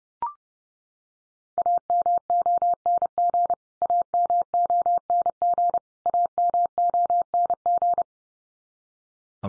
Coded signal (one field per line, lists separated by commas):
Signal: Morse code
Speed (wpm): 30 wpm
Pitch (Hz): 700 Hz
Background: none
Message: AMONG AMONG AMONG